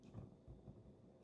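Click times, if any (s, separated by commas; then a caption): none. A nano SIM card is handled at the SIM slot of a 4G cellular security camera, about to be pushed in. Only low, rumbling handling noise is heard, with soft bumps near 0.2 and 0.5 seconds. Nothing has clicked or seated yet.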